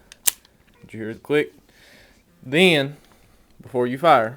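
An airsoft magazine is slid up into the magazine well of an AGM gas blowback M4 rifle, stiff on its first insertion, and it locks in with a sharp click at 0.3 s. Someone then talks. The magazine is seated.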